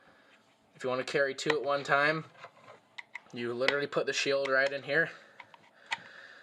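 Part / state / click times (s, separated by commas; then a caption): plastic knife sheath into the carry clip of another knife sheath / seated / 5.9 s. A plastic knife sheath is pushed into the attachment clip on a second plastic sheath so that two Mora Robust knives can be carried together. Someone talks over a few light taps and clicks, and the sheath clicks into the clip at 5.9 s.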